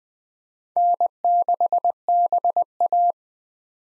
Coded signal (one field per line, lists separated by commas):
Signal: Morse code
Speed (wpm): 20 wpm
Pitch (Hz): 700 Hz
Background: none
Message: N6BA